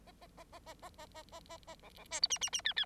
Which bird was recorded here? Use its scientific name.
Lonchura striata domestica